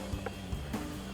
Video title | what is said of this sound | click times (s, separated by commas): 2019-2024 RAM 2500 OEM Style Halogen Fog Lights Review & Install | wanna squeeze that till it locks into place. | 0.3 s